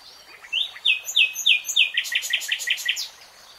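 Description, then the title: Nightingale song: a string of whistled notes, then a quick series of loud, buzzy repeated notes. Singing, in a 3-hour real-time recording. "[Tiếng chim hót] REALTIME Nightingale Singing"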